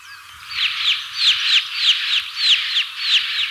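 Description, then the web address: Turquoise jay calls: a quick series of arched, rising-and-falling notes, repeated steadily. Bird of Ecuador, South America. "Natures Songs S America Birds of Ecuador Turquoise Jay"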